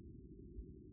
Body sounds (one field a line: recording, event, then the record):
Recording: neck accelerometer signal played as sound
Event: no cough (speech, laughter, throat clearing or background)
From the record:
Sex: female